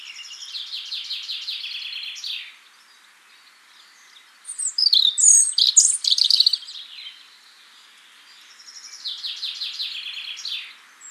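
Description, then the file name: European robin song in three bursts: a trilled phrase, a louder jumbled high warble after a pause, then another trilled phrase. "Erithacus rubecula"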